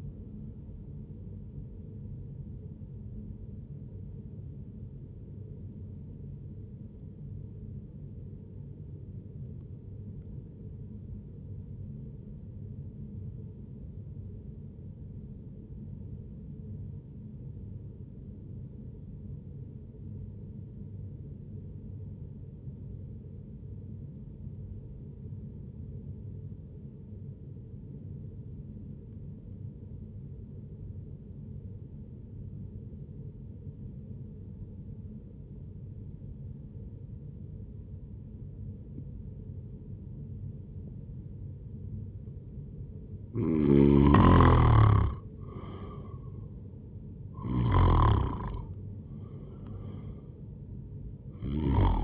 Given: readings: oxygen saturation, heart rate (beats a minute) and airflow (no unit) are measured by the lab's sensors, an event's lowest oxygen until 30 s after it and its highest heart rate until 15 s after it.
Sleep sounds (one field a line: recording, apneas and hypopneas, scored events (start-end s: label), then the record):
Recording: breathing in sleep by a smartphone at the bedside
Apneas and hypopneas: 1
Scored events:
6.00-46.60 s: hypopnea (N1, oxygen 96% highest, then 90% lowest, heart rate 67 at the start, 83 highest)
From the record:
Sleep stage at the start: N1 (lightest sleep)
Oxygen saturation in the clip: 93 to 96%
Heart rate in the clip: 66 to 83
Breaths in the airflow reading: 4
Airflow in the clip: -8.5 to 11.2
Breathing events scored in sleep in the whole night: 131 in 7.2 hours asleep